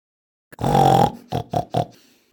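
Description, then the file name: Peafowl gives one loud, drawn-out wailing note lasting about half a second, then three short, clipped honks in quick succession. "Pfau"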